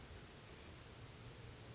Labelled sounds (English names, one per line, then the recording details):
Oak Titmouse
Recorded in Sonoma County, California